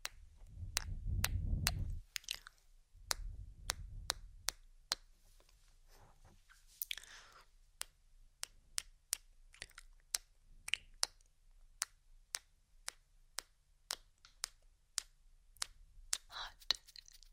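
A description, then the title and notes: Mouth sounds and ear tapping: sharp, crisp clicks land roughly every half second throughout, steady and regular. Low, muffled rumbling taps come in bursts near the start and around sixteen seconds, with a few soft wet smacking sounds in between. Kisses, Mouth Sounds, Ear Tapping.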